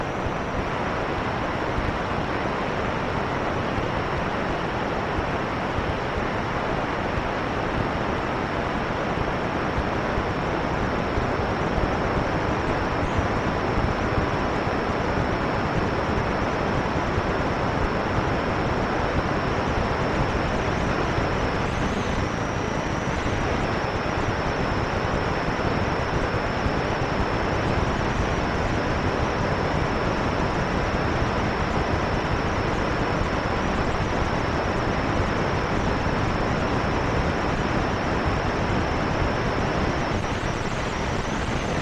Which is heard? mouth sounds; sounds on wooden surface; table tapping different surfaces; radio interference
radio interference